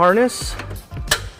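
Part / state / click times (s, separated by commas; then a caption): trailer wiring harness connector into mounting bracket / seated / 1.1 s. A trailer wiring harness plastic connector is pushed into the mounting bracket on a 2005 Nissan Titan truck while someone talks. A short, sharp click sounds at 1.1 s as the connector seats in the bracket.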